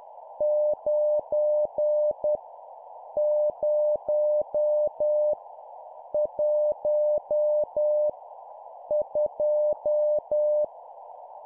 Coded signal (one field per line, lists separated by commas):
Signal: Morse code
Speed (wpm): 10 wpm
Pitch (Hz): 600 Hz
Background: none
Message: 9 0 1 2